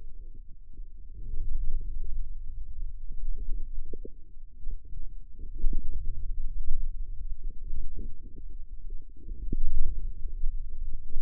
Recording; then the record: forearm muscle sounds (acoustic myography)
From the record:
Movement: wrist flexion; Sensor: system 2, bracelet of six BSWA MPA416 microphones around the upper forearm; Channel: 5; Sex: male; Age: 22 years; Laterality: right